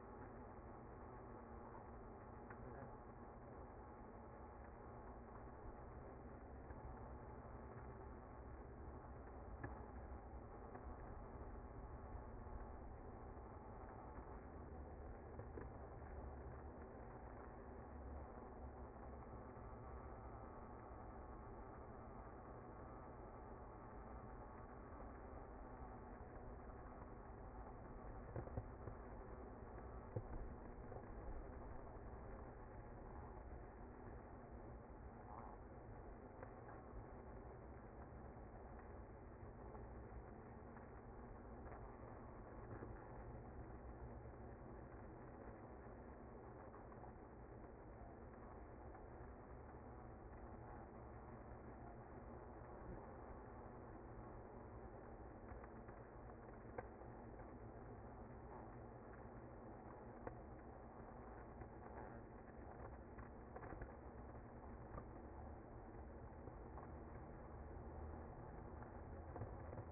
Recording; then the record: honeybee colony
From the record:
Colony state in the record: active